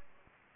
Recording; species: mosquito wingbeat signal from an infrared sensor; Anopheles gambiae